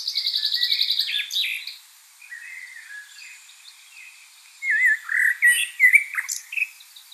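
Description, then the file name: Common blackbird song: quiet, mellow warbling and a few louder fluted notes near the end, after a fast run of high, thin repeated notes at the start. "Turdus merula"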